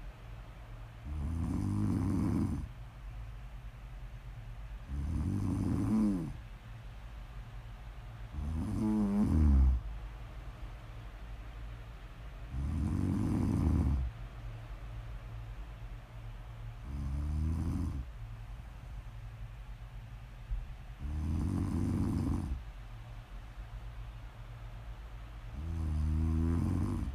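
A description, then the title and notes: A person snores in slow, regular breaths, with a low rasping rumble about every four seconds. Some snores flutter or waver, and the loudest comes near ten seconds. Between them a faint, steady low hum fills the quiet. ASMR Snoring.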